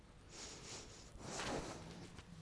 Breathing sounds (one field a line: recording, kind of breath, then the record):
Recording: one breath in and out by a microphone near the nose and mouth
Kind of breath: strong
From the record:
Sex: male